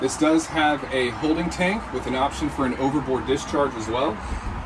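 A door latch on the head compartment of a 2023 Boston Whaler 280 Vantage boat cabin is being handled while someone talks, with a low background hum throughout. The door has not latched yet, and nothing has seated or clicked within the clip.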